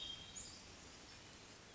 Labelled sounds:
Hermit Thrush (Catharus guttatus)
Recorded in Sonoma County, California

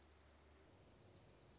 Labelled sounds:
Dark-eyed Junco (Junco hyemalis)
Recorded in Sonoma County, California

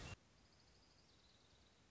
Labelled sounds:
Orange-crowned Warbler (Leiothlypis celata)
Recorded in Sonoma County, California

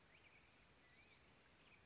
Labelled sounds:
Black-headed Grosbeak (Pheucticus melanocephalus)
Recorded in Sonoma County, California

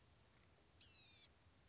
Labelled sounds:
Blue-gray Gnatcatcher (Polioptila caerulea)
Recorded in Sonoma County, California

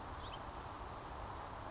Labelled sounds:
Western Flycatcher (Empidonax difficilis)
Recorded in Sonoma County, California

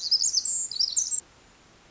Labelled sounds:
Pacific Wren (Troglodytes pacificus)
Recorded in Sonoma County, California

